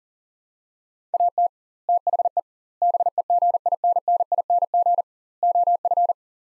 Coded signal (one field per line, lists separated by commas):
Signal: Morse code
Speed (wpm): 40 wpm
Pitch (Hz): 700 Hz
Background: none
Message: AT THE BEGINNING OF